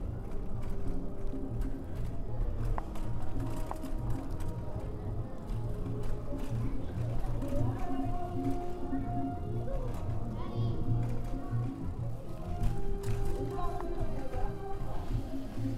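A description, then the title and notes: A bike ride along Orchard Beach, with a steady low rumble running through the whole recording. Voices and scattered clicks and rattles surface over it, and a few brief pitched tones come and go, clearest around eight to eleven seconds and again near thirteen. A stereo recording of a bike ride from Orchard Beach to our house in Mount Vernon.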